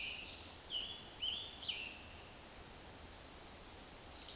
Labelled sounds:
Scarlet Tanager (Piranga olivacea) song
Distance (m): 40 m
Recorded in a Pennsylvania forest on 18 May 2023 at 20:36
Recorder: AudioMoth, point grid1_28_low
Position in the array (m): 96 m, 39 m

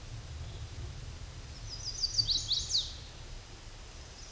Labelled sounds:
Chestnut-sided Warbler (Setophaga pensylvanica) song
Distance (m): 20 m
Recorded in a Pennsylvania forest on 17 May 2023 at 12:11
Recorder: AudioMoth, point grid1_19_low
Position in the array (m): 120 m, 206 m

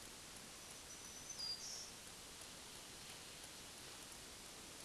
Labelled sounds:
Black-throated Green Warbler (Setophaga virens) song
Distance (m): 45 m
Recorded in a Pennsylvania forest on 1 June 2023 at 08:55
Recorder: AudioMoth, point grid3_32_high
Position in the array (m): 121 m, 102 m

